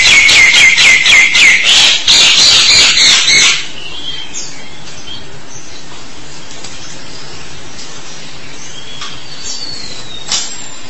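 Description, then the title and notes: Starling song: a loud run of harsh, buzzy bursts repeated rapidly for about three seconds, then quieter faint whistles and scratchy notes. "suara burung jalak"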